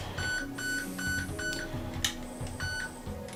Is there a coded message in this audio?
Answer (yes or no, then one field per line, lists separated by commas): no